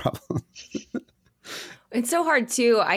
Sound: laugh